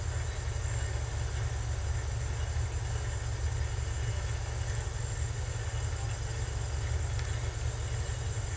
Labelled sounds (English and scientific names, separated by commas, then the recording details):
none
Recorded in secondary vegetation near Puerto Asís, Putumayo, Colombia, on 20 December 2024 at 18:00
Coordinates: 0.468, -76.324
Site G095